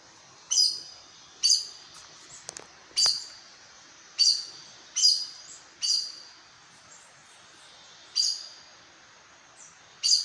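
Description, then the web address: Aracari giving short, sharp, squeaky high notes at uneven intervals, with a steady faint hiss behind. "sound Aracari. دانلود-صدای-پرنده-پرزبان"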